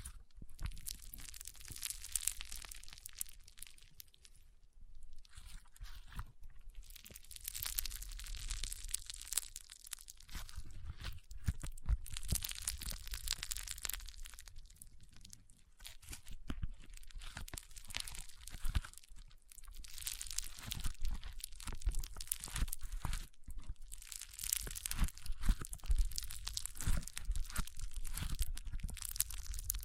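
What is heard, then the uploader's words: Foam being squeezed and rubbed in a brain massage, with dense crunching and crinkling that come in bursts lasting a few seconds each. Short gaps break the texture near 5, 10 and 16 seconds, and a low rumble sits beneath the bright, hissy rustle. ASMR Powerful Foam Brain Massage.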